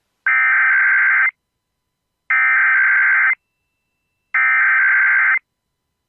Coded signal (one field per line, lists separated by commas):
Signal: Emergency Alert System (SAME) tones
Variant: header bursts